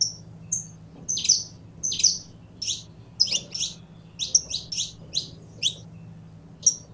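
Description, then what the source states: Belgian canary delivering a busy run of high chirps and sweeping whistled notes in rapid succession, over a faint low hum. Purebred Belgian canary.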